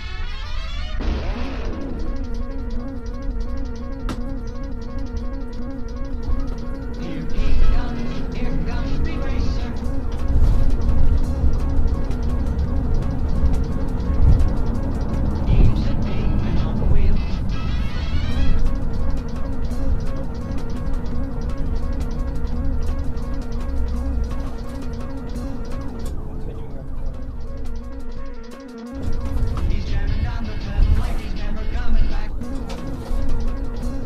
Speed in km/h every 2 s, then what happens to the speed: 34, 44, 47, 64, 89, 108, 119, 122, 121, 111, 105, 85, 81, 77, 72, 69, 72.
0-13 speeds up to 122. 13-29 slows to 69.